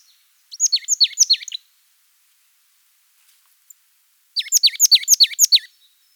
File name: parus palustris